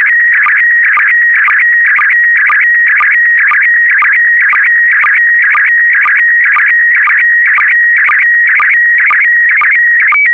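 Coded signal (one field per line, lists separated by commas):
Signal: SSTV (slow-scan television)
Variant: PD120 mode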